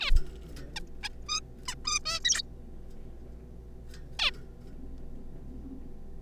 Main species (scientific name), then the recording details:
Taeniopygia guttata. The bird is a juvenile. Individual R3549